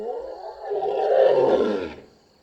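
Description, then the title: Hippopotamus call, a harsh blast swelling over about two seconds then fading. Hippo pool by a river in Kruger National Park, savanna ambience, heard from an overlooking hide on 18 February 2008. "Hyppopool de Shipendani"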